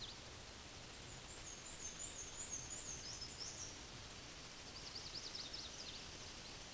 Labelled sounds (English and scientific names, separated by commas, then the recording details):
Black-and-white Warbler (Mniotilta varia) song
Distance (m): 30 m
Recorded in a Pennsylvania forest on 18 May 2023 at 13:50
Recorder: AudioMoth, point grid1_27_low
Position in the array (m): 92 m, 46 m